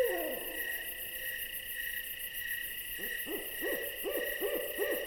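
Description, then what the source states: Owl gives a brief falling whinny, then a run of short bouncing notes that grows stronger, with a constant insect chorus behind. An owl visiting.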